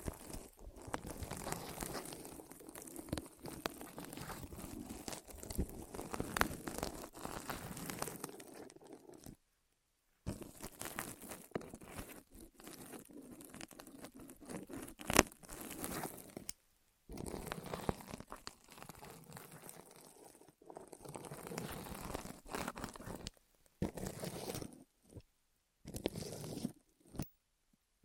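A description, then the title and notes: ASMR sounds of something rolling over the ears: a dense, crinkly rustle and scratch that runs in long, steady stretches. Short silent breaks fall around 10, 17, 24 and 26 seconds, and a sharper pop stands out near 15 seconds. ASMR Rolling On Your Ears (No Talking).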